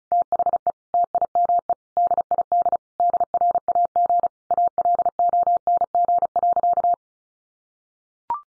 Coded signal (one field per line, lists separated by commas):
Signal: Morse code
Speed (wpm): 34 wpm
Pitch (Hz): 700 Hz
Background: none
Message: THE TIME DID DRAG ALONG.